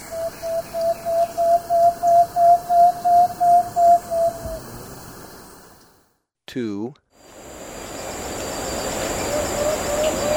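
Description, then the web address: Plain-backed antpitta giving a long series of hollow whistled notes, evenly spaced, followed by a brief break and steady hiss. Ecuador. "Birds of Ecuador. Plain-backed Antpitta"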